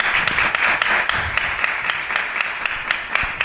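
A crowd applauds steadily, many hands clapping in a dense, continuous wash with sharper individual claps popping through, sustained at a fairly loud level throughout.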